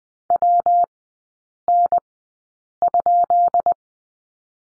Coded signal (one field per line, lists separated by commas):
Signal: Morse code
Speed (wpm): 20 wpm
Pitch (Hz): 700 Hz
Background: none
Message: WN?